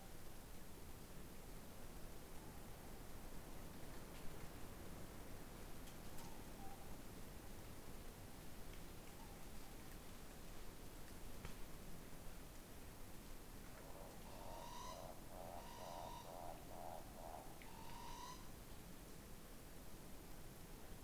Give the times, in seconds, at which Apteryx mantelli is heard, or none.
none